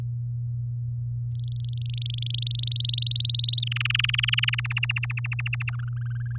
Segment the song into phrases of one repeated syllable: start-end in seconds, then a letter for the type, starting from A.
1.32-2.69 A, 2.71-3.60 B, 3.62-4.67 C, 4.70-5.70 D, 5.73-6.37 E